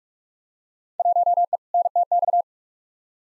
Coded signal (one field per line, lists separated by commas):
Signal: Morse code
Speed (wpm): 46 wpm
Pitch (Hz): 700 Hz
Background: none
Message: 1E NTX